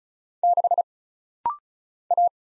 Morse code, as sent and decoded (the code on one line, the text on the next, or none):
-.... / .-
6 A